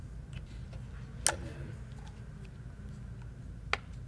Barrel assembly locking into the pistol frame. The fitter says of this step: Lock the gun up, and it's ready to go.